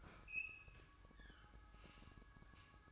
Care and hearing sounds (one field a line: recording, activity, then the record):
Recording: daily activity, microphone in the room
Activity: open fridge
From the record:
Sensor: 2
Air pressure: 1007.6 hPa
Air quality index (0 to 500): 39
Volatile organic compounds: 1 ppm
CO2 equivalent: 537 ppm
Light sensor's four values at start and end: 10/24/10/11 and 10/24/10/11